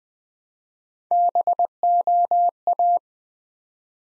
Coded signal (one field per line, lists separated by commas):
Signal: Morse code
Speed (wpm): 20 wpm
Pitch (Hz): 700 Hz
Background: none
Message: BOA